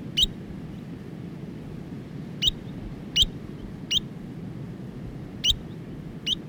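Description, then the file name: New Zealand dotterel producing six sharp, high chip notes at irregular intervals, with quiet low background noise between them. "nz dotterel song"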